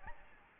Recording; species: mosquito wingbeat signal from an infrared sensor; Aedes albopictus